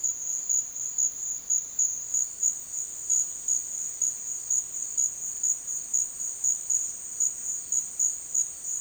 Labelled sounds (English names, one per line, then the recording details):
none
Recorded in dense forest near Puerto Asís, Putumayo, Colombia, on 23 June 2025 at 11:00
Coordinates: 0.468, -76.322
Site GP03